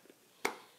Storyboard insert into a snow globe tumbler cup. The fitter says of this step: ahead and push on it she get really good snap when you hear that snap and